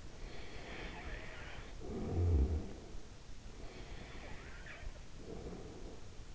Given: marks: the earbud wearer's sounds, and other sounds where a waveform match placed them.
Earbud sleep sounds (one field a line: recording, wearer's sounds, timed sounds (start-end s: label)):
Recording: sounds in sleep by an in-ear microphone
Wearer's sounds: snoring breath, breath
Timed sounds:
0.39-3.16 s: snoring breath
4.74-6.17 s: breath